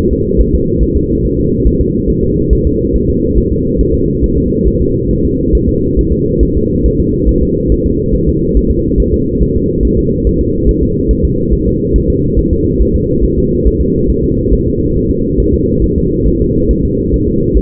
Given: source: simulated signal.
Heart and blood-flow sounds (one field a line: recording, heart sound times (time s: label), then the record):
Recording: fetal heart sounds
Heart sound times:
0.13 s: S2
0.41 s: S1
0.55 s: S2
0.83 s: S1
0.97 s: S2
1.25 s: S1
1.39 s: S2
1.67 s: S1
1.81 s: S2
2.10 s: S1
2.24 s: S2
2.53 s: S1
2.67 s: S2
2.96 s: S1
3.10 s: S2
3.38 s: S1
3.53 s: S2
3.81 s: S1
3.95 s: S2
4.24 s: S1
4.38 s: S2
4.68 s: S1
4.82 s: S2
5.11 s: S1
5.25 s: S2
5.55 s: S1
5.69 s: S2
5.99 s: S1
6.13 s: S2
6.43 s: S1
6.57 s: S2
6.86 s: S1
7.00 s: S2
7.29 s: S1
7.43 s: S2
7.72 s: S1
7.86 s: S2
8.15 s: S1
8.29 s: S2
8.57 s: S1
8.71 s: S2
9.00 s: S1
9.14 s: S2
9.42 s: S1
9.57 s: S2
9.85 s: S1
9.99 s: S2
10.27 s: S1
10.41 s: S2
10.69 s: S1
10.83 s: S2
11.11 s: S1
11.25 s: S2
11.53 s: S1
11.67 s: S2
11.96 s: S1
12.10 s: S2
12.39 s: S1
12.53 s: S2
12.82 s: S1
12.96 s: S2
13.25 s: S1
13.39 s: S2
13.67 s: S1
13.82 s: S2
14.10 s: S1
14.24 s: S2
14.53 s: S1
14.67 s: S2
14.97 s: S1
15.11 s: S2
15.40 s: S1
15.54 s: S2
15.84 s: S1
15.98 s: S2
16.28 s: S1
16.42 s: S2
16.71 s: S1
16.85 s: S2
17.14 s: S1
17.28 s: S2
17.57 s: S1
From the record:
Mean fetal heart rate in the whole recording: 140 bpm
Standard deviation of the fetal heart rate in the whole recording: 2 bpm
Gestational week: 34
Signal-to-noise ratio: -10.2 dB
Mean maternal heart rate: 72 bpm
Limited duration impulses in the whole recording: present